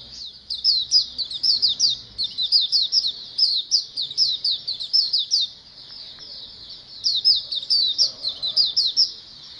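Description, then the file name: White-eyes calling as a group: a dense, continuous stream of high, thin chirps and short downslurred notes, many birds overlapping, with a brief lull near six seconds. A colony of white-eyes calling together. "suara pleci koloni omkicau"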